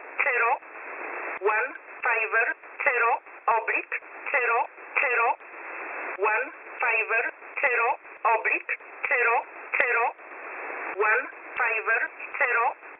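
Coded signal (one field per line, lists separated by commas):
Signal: numbers station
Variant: E11 Oblique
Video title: E11 Oblique 25/10/2022 0845 UTC 13908kHz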